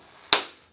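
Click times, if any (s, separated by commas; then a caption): 0.3 s. A BOA lacing dial on a DonJoy Exos 627 lumbar back brace is pushed inward so it engages for tightening. A single sharp, loud click sounds at 0.3 s against near silence and fades out within a few tenths of a second. The dial is seated and engaged.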